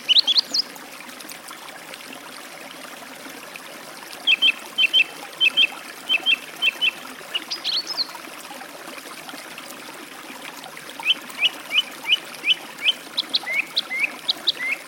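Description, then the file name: Song thrush song made of crisp phrases each repeated several times, doubled notes in a rapid series, then a new rising phrase repeated, with a trickling stream throughout. By a forest stream. "pevchij drozd u lesnogo ruchya"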